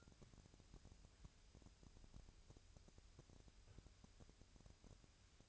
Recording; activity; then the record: daily activity, microphone in the room; wipe stove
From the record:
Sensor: 2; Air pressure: 1001.5 hPa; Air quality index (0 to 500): 225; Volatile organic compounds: 24 ppm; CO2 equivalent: 2820 ppm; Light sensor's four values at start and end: 7/26/10/9 and 7/26/10/9